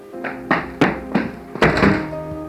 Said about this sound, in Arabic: يصفق الباب.